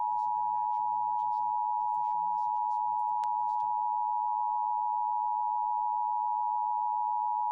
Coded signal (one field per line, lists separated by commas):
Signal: Emergency Alert System (SAME) tones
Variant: 853 and 960 Hz attention tone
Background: speech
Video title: LA Required Monthly Test (EAS #1301-1310) 9/26/23